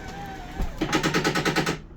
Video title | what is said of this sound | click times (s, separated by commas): 2018 3011ds opperation | with the main slide you will hear the clicks indicating that it is fully extended | 0.8 s, 1.5 s